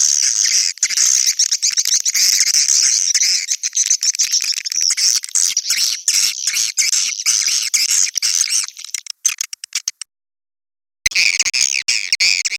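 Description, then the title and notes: Swiftlet calls, a thick stream of high squeaky chirps and trills, thinning into scattered clicks before a brief silence, then the chorus resumes. Swiftlet farming in Asia. "Swiflet Bird Sound. Farming Swiflet Bird asia sound"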